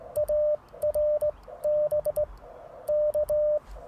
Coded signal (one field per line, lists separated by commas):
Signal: Morse code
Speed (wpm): 20 wpm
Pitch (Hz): 590 Hz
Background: radio noise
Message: ARB K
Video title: Cootie Key QRP CW! 2/3/24 @ Tuskegee National Forest K-4451